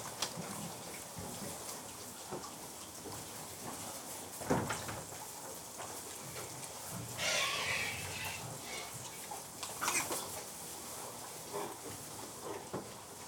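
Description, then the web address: Pigs at feed, with scattered knocks and rustles, low grunting, and a couple of brief louder bursts above the steady background hiss. Domestic pigs being fed. "The BBC Sound Effects Library Livestock Feeding Pigs"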